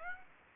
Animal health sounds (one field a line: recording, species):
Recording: mosquito wingbeat signal from an infrared sensor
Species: Aedes aegypti